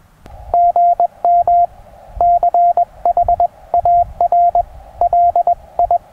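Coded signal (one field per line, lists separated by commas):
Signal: Morse code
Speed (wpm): 20 wpm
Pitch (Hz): 700 Hz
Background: none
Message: GM CHARLI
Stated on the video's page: SOTA summit activation using a linked dipole, field test of a new QU-7025 portable paddle.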